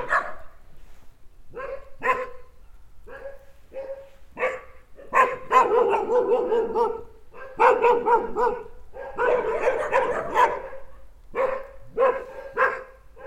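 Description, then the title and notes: Dogs barking in bursts, single barks building into dense stretches of excited barking, then dropping back to single barks. Four dogs in a private garden dog run beside a historical mill at Enscherange, Rackesmillen, welcoming a stranger. "enscherange, rackes millen, dogs. Enscherange - dog run. The sound of four dogs welcoming a stranger until finally the owner calls them to be silent"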